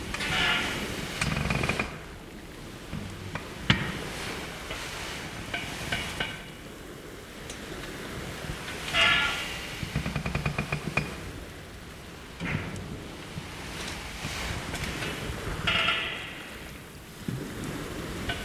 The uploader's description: A bed creaking mixed with the sound of the waves